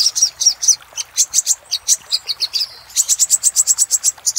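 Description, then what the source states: Little spiderhunter with rapid, shrill chipping notes in uneven bursts, a short gap, then a steady, quick run of high notes. Master recording used for training cage birds.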